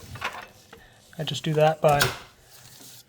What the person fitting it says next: Shouldn't take a whole lot. You get a solid click.